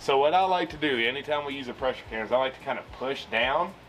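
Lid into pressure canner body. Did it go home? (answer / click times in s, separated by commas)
no / none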